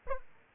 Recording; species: mosquito wingbeat signal from an infrared sensor; Aedes aegypti